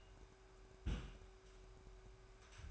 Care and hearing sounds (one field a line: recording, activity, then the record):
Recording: daily activity, microphone in the room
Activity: place on stove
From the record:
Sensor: 2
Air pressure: 1010.2 hPa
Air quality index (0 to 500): 161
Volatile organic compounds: 7 ppm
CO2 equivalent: 2023 ppm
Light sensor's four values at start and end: 41/99/44/50 and 41/99/44/50